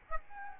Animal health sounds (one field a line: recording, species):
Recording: mosquito wingbeat signal from an infrared sensor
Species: Aedes albopictus